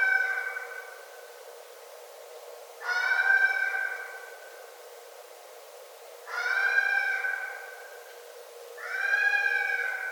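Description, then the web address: Red fox calls: four loud, harsh harmonic cries, the first already fading at the start, each loud for about a second with a fading tail, coming every few seconds. Recorded 9 December 2011. "Red Fox 2011 12 09 Red Fox"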